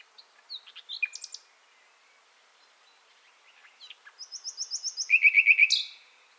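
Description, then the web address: Common nightingale song: scattered chirps and trills, followed by a swelling series of sharp repeated notes ending in a rich rattling flourish. "SETE Luscinia megarhynchos"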